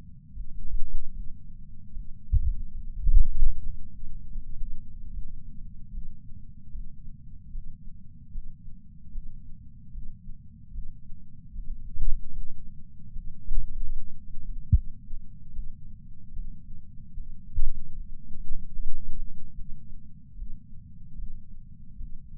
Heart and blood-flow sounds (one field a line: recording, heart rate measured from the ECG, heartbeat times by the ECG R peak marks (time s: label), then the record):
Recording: heart sounds by patch sensor on the chest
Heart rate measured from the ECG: 75 bpm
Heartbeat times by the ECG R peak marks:
0.33 s: heartbeat
1.12 s: heartbeat
1.92 s: heartbeat
2.71 s: heartbeat
3.51 s: heartbeat
4.31 s: heartbeat
5.10 s: heartbeat
5.90 s: heartbeat
6.70 s: heartbeat
7.50 s: heartbeat
8.30 s: heartbeat
9.11 s: heartbeat
9.91 s: heartbeat
10.71 s: heartbeat
11.51 s: heartbeat
12.31 s: heartbeat
13.11 s: heartbeat
13.91 s: heartbeat
14.71 s: heartbeat
15.52 s: heartbeat
16.32 s: heartbeat
17.12 s: heartbeat
17.93 s: heartbeat
18.73 s: heartbeat
19.54 s: heartbeat
20.35 s: heartbeat
21.15 s: heartbeat
21.96 s: heartbeat
From the record:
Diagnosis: coronary artery disease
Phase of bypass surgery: intraoperative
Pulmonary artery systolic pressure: 16 mmHg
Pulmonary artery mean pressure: 11 mmHg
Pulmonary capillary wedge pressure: 10 mmHg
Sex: female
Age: 58 years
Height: 155 cm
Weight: 55 kg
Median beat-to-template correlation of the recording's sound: 0.75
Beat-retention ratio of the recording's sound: 0.98